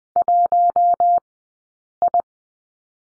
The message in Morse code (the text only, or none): 1I